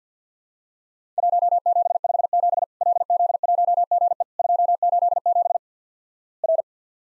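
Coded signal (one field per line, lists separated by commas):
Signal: Morse code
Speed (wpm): 50 wpm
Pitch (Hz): 700 Hz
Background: none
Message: 1757 LZ1GE 287 R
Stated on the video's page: Worked All Europe DX Contest QTC exchange drill at 50 wpm, each exchange sent, spoken, then sent again.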